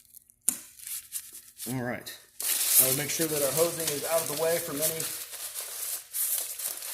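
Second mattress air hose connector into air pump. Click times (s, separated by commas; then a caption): 0.5 s. The second air hose connector of a Rhythm Multi Bari LAL mattress is pushed into the air pump and seats with a sharp click at 0.5 s. A few faint handling sounds come before it, and then someone talks.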